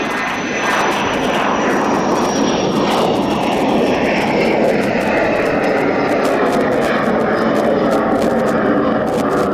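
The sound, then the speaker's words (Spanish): A loud, steady roar of aircraft engines builds as an airplane takes off, with a high whine riding over the broad rumbling noise throughout. “Así que ponemos en marcha nuestros motores, nos abrochamos los cinturones, porque hoy viajamos a Senegal.”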